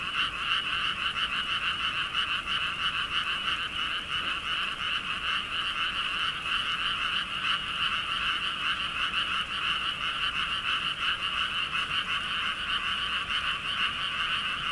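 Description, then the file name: Frogs croaking together in a thick, even rattle that keeps a fast pulse from start to end. "kaeru"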